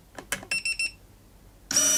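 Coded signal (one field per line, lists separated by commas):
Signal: none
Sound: pruner safety stop beeps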